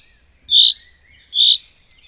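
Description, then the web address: Common chaffinch uttering two loud, clear, high-pitched call notes less than a second apart, with faint thin tones in the background. "Madardalok Cd 1. Erdei pinty"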